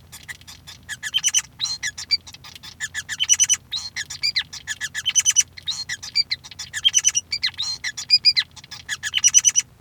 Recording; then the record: song of a male Bengalese finch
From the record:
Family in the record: son of father 5